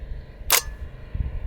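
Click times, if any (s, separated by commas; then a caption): 0.5 s. With a dirty AR10 rifle pointed upward, the locked-back action is released and the bolt carrier slams forward with one loud, sharp metallic hit at 0.5 s, followed by a softer low thud around 1.2 s. The bolt carrier or magazine fails to seat all the way, so the action only partly closes.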